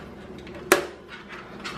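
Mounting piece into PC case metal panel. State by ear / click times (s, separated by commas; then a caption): seated / 0.7 s. A case mounting piece is pushed through holes in the sheet-metal chassis panel of a Fractal Design Define S2 Vision RGB PC case until it locks. A single sharp snap is heard at 0.7 s over quiet background. The piece seats easily and is locked in place.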